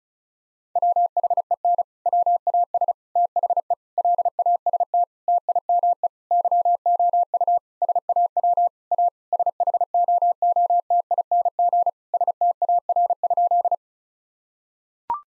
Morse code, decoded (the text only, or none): WHEN WAS THE LAST TIME YOU SAW A SHOOTING STAR?